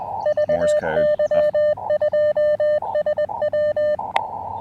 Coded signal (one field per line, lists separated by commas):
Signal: Morse code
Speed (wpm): 20 wpm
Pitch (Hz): 600 Hz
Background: none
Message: VY2SW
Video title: Fort Wellington POTA: Can the AX1 Deliver During Rough Band Conditions?